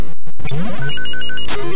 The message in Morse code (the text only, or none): none